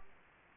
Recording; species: mosquito wingbeat signal from an infrared sensor; Aedes aegypti